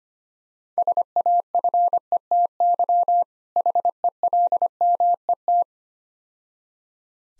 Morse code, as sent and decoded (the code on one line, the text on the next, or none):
... .- ..-. . - -.-- / .... . .-.. -- . -
SAFETY HELMET